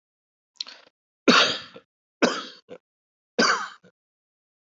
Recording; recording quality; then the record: heavy voluntary cough; excellent, no background noise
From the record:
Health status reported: healthy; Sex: male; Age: 56 years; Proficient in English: yes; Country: India